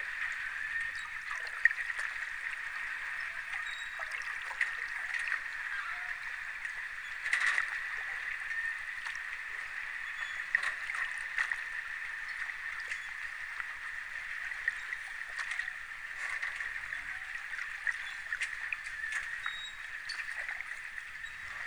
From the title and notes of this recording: Cadogan Pier, north bank of the Thames, London, Spring 2023 – by Lucy Wood. Cadogan Pier, North Bank of the river Thames, beneath Albert Bridge near Chelsea Embankment.